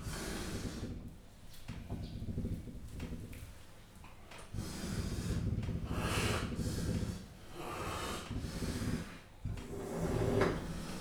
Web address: allathangok jaszberenyizoo 2015 professzionalis leopard fujtatnak horognek villanypasztor